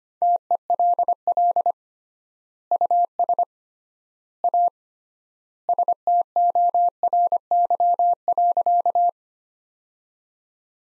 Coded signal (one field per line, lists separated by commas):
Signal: Morse code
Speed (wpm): 25 wpm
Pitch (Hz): 700 Hz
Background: none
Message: TELL US A STORY.